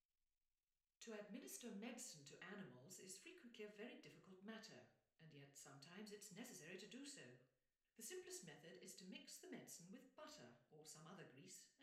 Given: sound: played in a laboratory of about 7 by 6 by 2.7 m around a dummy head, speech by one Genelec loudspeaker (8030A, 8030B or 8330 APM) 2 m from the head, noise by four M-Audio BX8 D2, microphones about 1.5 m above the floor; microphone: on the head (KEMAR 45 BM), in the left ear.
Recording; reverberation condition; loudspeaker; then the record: female speech in English; medium; in front (0 degrees)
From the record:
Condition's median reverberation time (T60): about 510 ms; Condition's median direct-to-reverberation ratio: about -0.5 dB